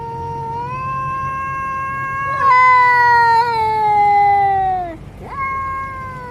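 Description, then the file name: Domestic cat yowling loudly in a long wavering cry that slowly falls, then breaks off and starts a second rising cry. Male cat (tomcat). "tieng meo duc keu"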